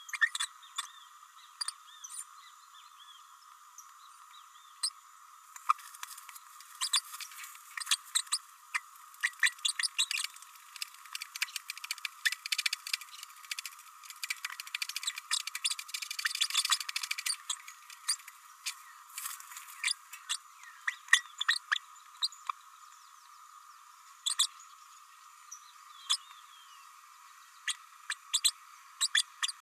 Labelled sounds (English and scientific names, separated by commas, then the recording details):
Green-rumped Parrotlet (Forpus passerinus) babbling
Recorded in a nest box in Venezuela
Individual 18B104A4